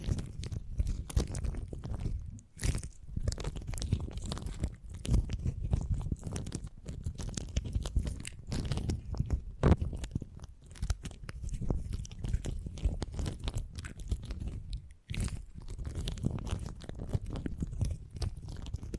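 Close, dense crackling and squishing of beeswax being worked, with a constant low rumble and rapid bright clicks packed throughout. Brief drops to near silence come around 2.5 and 15 seconds, and a few sharper pops stand out near 9.5 seconds.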